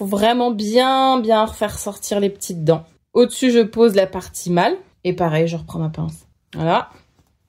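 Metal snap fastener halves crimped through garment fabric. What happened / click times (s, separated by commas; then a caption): Handled, not yet home: snap fastener being set up, no crimp yet / none. A woman talks while the male half of a metal snap fastener is set onto the prong ring through garment fabric, ready to be pressed together with snap pliers. Mostly speech is heard, and the clip ends before the halves are crimped, so nothing has seated or clicked yet.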